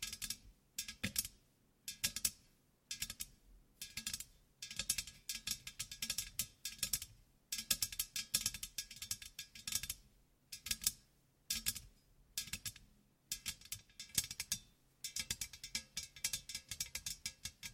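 ASMR tapping in quick, bright clusters of crisp clicks, each flurry lasting about a second before a short pause. The rhythm is fast and uneven, with dense rattling bursts and occasional soft low thuds under the taps.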